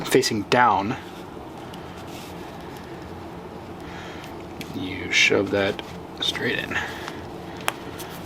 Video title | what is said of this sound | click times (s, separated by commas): STI GC8 Swap Part 2! w/ iWire Spiider pro DCCD Install | till it clicks just like that | 7.7 s